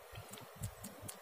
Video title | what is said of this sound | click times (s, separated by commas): {94} screw driver machine चलाने का तरीका - screw driver machine use | से ये लॉक हो गई। | 0.3 s, 0.6 s, 0.8 s, 1.1 s